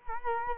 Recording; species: mosquito wingbeat signal from an infrared sensor; Culex quinquefasciatus